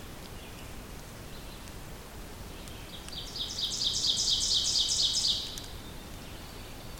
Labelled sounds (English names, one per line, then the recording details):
Ovenbird song
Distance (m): 20 m
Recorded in boreal forest in Alberta, Canada, on 2 June 2016 at 08:20
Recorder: SongMeter 3, array SBT-3-7
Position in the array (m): 24 m, 134 m
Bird 4